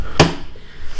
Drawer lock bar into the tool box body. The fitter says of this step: it snaps into place uh you can put a lock right here